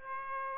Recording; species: mosquito wingbeat signal from an infrared sensor; Aedes aegypti